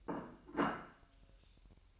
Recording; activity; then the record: daily activity, microphone in the room; place plate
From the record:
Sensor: 2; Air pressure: 1001.9 hPa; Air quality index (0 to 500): 249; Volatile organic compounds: 40 ppm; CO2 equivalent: 3150 ppm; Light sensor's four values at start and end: 8/28/11/10 and 8/28/11/10